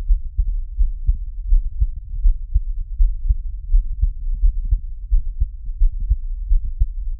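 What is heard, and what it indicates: An adult's own heartbeat, close-miked, with no talking. Normal heartbeat.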